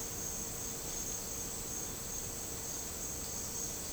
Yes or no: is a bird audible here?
no